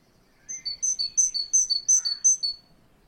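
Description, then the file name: Great tit giving one quick run of several repeated high, ringing two-note phrases. "Canto do chapins real"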